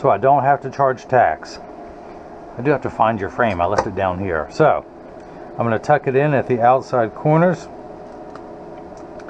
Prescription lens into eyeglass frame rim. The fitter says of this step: press down the nose it snaps right in